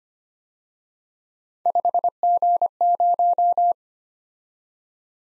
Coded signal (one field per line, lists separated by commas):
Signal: Morse code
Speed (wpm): 32 wpm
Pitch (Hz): 700 Hz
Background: none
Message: 5G0